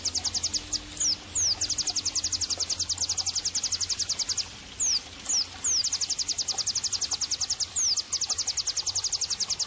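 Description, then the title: White-eye singing an almost unbroken shrill trill of rapid repeated notes, now and then punctuated by a few quick falling whistles. Vigorously singing ('gacor') white-eye, offered as bird-training (masteran) and therapy audio. "terapi pleci dextro 87"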